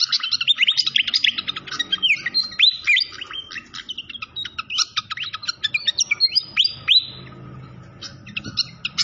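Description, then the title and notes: Malaysian pied fantail song, a busy stream of high chips and short downslurred whistles, with soft low background noise throughout. Masteran (training recording) of clear-voiced song mixed with the sound of flowing water. "Masteran Sikatan Kipas Suara Jernih Dan Suara Gemericik Air. Suara Burung Sikatan Londo"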